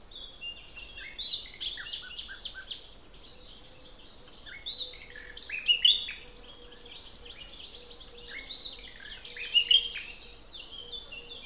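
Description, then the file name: Common nightingale song in separate phrases: dry rapid clicks, then rich whistled and rattling bursts about every four seconds. "Luscinia megarhynchos"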